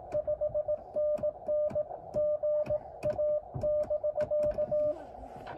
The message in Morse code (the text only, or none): 5NN GA<BK>